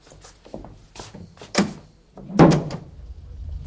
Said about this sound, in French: Et on ouvrait toujours des portes sur des chambres vides, sur des cabinets de débarras, sur des mansardes.